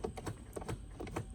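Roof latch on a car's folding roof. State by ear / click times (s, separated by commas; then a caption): not seated / none. Someone works the roof latch on a car's convertible folding roof, producing a series of small, light clicks and rattles. The latch never gives the heavy clunk of releasing, so nothing has released and the roof stays locked.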